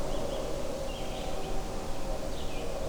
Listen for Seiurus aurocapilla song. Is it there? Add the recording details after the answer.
no. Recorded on 21 June 2016 at 05:46. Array SBT-6-76